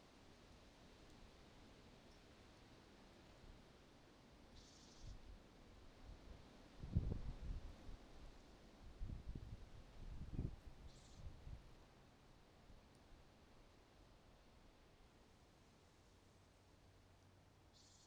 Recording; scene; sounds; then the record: everyday scene through a hearing-aid microphone; wind on the microphone; wind, traffic, birds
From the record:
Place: suburban garden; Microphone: in the ear canal, right